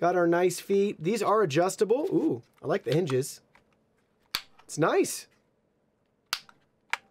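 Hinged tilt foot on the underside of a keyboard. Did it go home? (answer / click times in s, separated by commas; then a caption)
yes / 6.3 s, 6.9 s. Someone talks while the hinged adjustable tilt feet on the underside of a Cooler Master SK622 compact mechanical keyboard with a brushed aluminum design are flipped out. Sharp clicks at 6.3 s and 6.9 s mark the feet snapping into their raised position.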